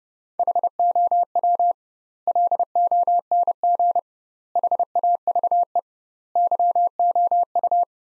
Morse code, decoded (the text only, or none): HOW LONG HAVE YOU